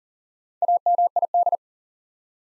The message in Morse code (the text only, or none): AMID